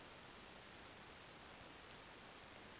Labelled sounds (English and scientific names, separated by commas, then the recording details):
Eurasian Woodcock (Scolopax rusticola) whistle
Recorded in Baden-Württemberg, Germany, on 10 June 2020 at 20:07 UTC
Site 45520, 595 m above sea level